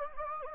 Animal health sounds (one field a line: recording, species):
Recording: mosquito wingbeat signal from an infrared sensor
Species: Anopheles gambiae